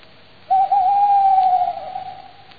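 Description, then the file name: Tawny owl hoot: one long, steady, low whistled note held about a second and a half, wavering slightly before fading out, over quiet background hiss. "kattuggla"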